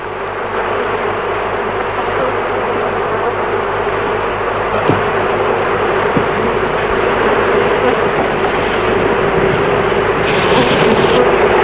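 A dense, steady hum of many bees buzzing together around hives, a continuous droning swarm with no pauses and no voices.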